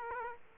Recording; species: mosquito wingbeat signal from an infrared sensor; Aedes aegypti